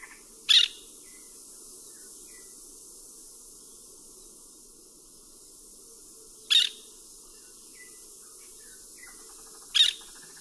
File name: Aratinga nana